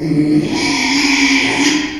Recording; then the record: squeal of a Yucatan mini pig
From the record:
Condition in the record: after surgery on the right vocal fold (resection and tissue-engineered implant); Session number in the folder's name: 2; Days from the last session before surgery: 13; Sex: male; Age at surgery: 12 weeks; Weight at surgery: 13 kg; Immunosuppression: cyclosporine, prednisolone